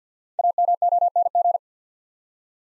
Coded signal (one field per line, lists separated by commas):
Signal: Morse code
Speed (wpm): 50 wpm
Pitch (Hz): 700 Hz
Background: none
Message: AMONG